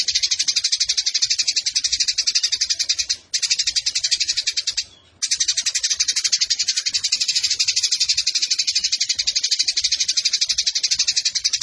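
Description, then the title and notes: Eurasian tree sparrow pouring out a harsh, rapid chatter of high pulses that stops twice briefly before resuming. Indonesian burung gereja; fighting (tarung) sparrow giving long 'nembak' bursts with a clear voice, used as a master recording for training competition birds. "GEREJA TARUNG NEMBAK PANJANG SUARA JERNIH MASTERAN WAJIB BURUNG LOMBA. Burung Gereja"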